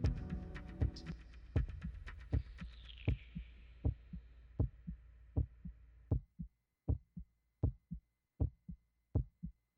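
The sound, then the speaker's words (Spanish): A steady heartbeat thumps in a regular lub-dub rhythm, at first under a blurred humming wash that fades away, leaving the beats clear and alone. “Este es el latido que nos acompaña todos los días en el programa, el latido del cuore.”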